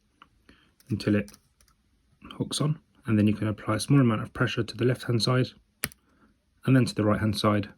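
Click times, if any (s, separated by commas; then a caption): 5.8 s. A large plastic keycap on a MacBook Pro keyboard (A2141, A2251, A2289 and A2338, Intel and M1, 2019–2021) is hooked on and pressed down first on its left side, then its right, to reattach it to its scissor clip while someone talks. A sharp, loud click at 5.8 s marks the keycap seating into place.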